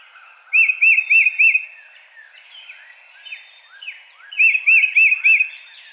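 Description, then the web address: Tufted titmouse song, two phrases of four clear arched whistled notes, with softer chips and sweeping notes between them. Recorded 22 March 2007. "Tufted Titmouse 2007 03 22"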